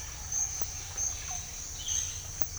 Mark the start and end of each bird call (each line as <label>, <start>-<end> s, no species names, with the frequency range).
bird call (0.4-2.4 kHz), 1.10-1.44 s